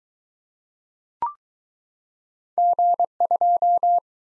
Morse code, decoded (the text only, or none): G2